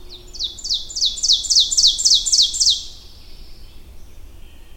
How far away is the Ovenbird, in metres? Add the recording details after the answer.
about 5 m. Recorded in boreal forest in Alberta, Canada, on 22 June 2016 at 05:35. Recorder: SongMeter 3, array SBT-6-76. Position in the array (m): 150 m, 110 m. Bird 3